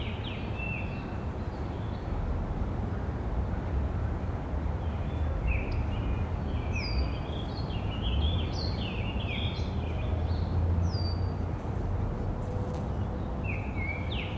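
In a park, a steady low rumble of traffic underlies frequent bright bird chirps and calls scattered throughout, busiest in the middle.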